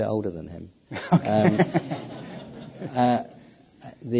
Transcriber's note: laughter